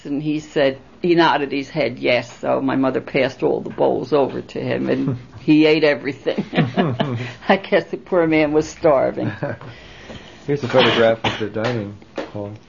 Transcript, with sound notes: And he said, he nodded his head yes, so my mother passed all the bowls over to him, and he ate everything. ( they laugh ) I guess the poor man was starving.
Here's a photograph of the dining hall.